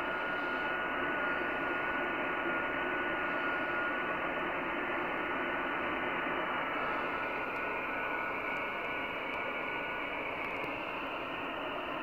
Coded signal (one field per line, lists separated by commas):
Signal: FT8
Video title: E44CC, Palestine Middle ASIA, 18MHz, FT8, Worked by HL2WA